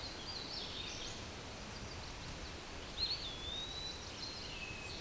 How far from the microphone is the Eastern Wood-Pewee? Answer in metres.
about 40 m